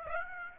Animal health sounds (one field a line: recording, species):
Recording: mosquito wingbeat signal from an infrared sensor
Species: Aedes aegypti